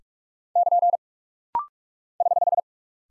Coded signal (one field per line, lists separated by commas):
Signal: Morse code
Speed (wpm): 44 wpm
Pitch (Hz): 700 Hz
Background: none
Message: <KN> <HH>